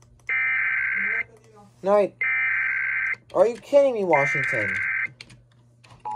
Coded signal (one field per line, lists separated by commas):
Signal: Emergency Alert System (SAME) tones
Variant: header bursts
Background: speech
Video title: EAS 1299: Washington (state) Amber Alert